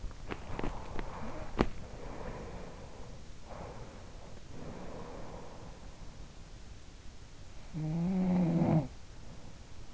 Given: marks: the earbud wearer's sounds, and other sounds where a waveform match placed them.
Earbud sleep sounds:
sounds in sleep by an in-ear microphone; body movement
0.00-1.66 s: body movement
0.11-3.20 s: sound from someone else or the room
3.45-6.34 s: sound from someone else or the room
7.69-9.77 s: sound from someone else or the room

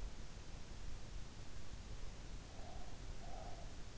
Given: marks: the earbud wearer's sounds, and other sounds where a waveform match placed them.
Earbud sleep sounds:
sounds in sleep by an in-ear microphone; breath
2.45-3.88 s: breath

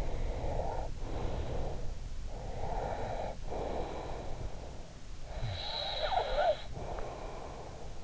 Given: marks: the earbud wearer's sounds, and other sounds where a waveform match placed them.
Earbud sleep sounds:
sounds in sleep by an in-ear microphone; breath, snoring breath
0.00-2.07 s: breath
2.47-4.76 s: breath
5.28-7.96 s: snoring breath

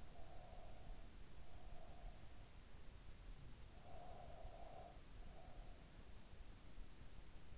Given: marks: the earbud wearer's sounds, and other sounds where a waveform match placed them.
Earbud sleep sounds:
sounds in sleep by an in-ear microphone; breath
0.00-2.70 s: breath
3.66-6.22 s: breath

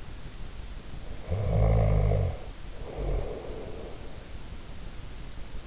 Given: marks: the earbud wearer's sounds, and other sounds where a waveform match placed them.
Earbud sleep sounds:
sounds in sleep by an in-ear microphone; snoring breath
1.10-3.87 s: snoring breath

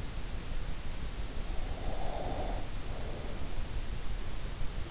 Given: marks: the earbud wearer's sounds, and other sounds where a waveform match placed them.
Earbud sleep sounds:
sounds in sleep by an in-ear microphone; breath
1.66-3.79 s: breath

